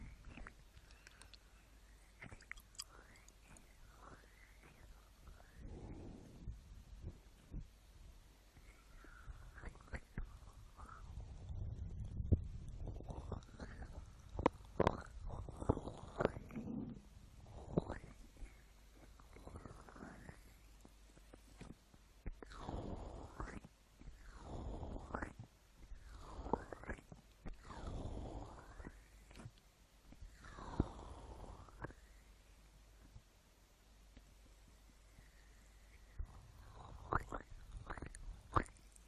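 An ear massage: soft, irregular rubbing and brushing strokes, many with a swishing rise and fall. A muffled low rumble builds around 10 to 14 seconds, then distinct strokes repeat every second or two until about 33 seconds, after which it quiets.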